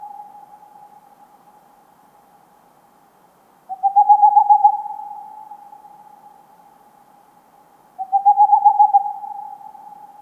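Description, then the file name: Tengmalm's owl song: two rapid series of pulsed hoots a few seconds apart, each trailing into a lingering tone. "Digiffects Sound Effects Library - Tengmalms Owl"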